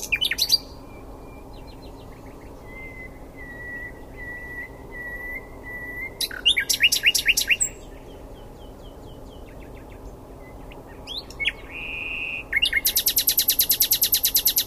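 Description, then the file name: Common nightingale song of varied phrases: sharp notes, a run of long whistled notes, a clipped rattle, then a loud buzzy, rapidly repeated trill to finish. "Luscinia megarhynchos"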